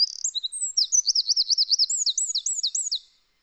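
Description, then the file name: Eurasian wren song, a fast, very high stream of looping whistled notes with sharp ticks, running about three seconds before stopping abruptly. "Troglodytes troglodytes"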